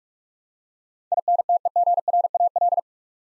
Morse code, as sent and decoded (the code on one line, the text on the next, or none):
.. -. - . --. .-. .- .-..
INTEGRAL